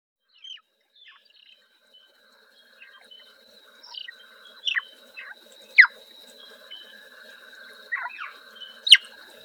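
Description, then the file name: Swinhoe's frog chirping: faint at first, then a run of louder, sharp downward-sweeping chirps, spaced unevenly, with a steady tonal drone behind them. "Rana swinhoana"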